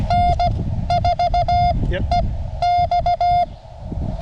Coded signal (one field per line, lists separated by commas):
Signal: Morse code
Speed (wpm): 17 wpm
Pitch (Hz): 700 Hz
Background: speech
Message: N4EX